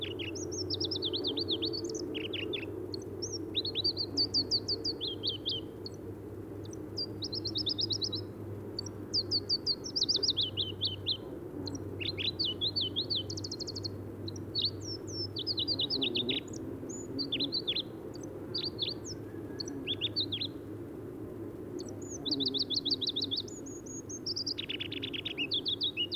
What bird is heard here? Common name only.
Pallas's Leaf Warbler